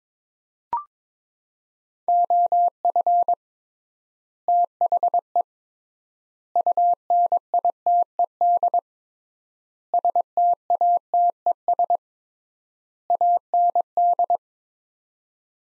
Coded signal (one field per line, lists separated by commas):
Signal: Morse code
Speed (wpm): 22 wpm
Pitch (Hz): 700 Hz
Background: none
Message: OF THE UNITED STATES AND